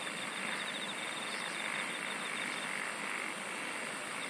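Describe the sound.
Insects singing in a dense chorus, a pulsed high trill running through the first half over a steady hiss-like drone.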